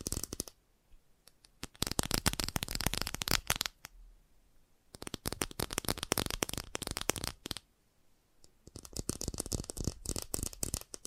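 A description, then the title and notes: Fast tapping comes in three dense, crackly bursts, around the first four seconds, five to eight, and nine onward, with near-silent gaps between. FAST TAPPING (No Talking).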